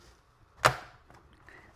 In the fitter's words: and then it just snaps in place.